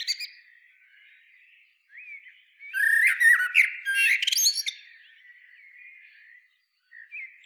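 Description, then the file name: Common blackbird song: quiet low warbling, then a loud burst of fluty notes and squeaky high twittering in the middle, fading back to soft warbles. "Turdus merula"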